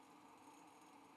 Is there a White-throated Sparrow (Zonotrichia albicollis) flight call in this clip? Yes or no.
no